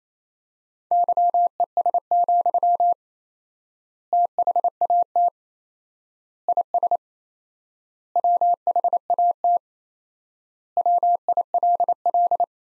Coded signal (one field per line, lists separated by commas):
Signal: Morse code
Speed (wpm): 28 wpm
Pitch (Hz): 700 Hz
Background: none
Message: YES, THAT IS WHAT WILL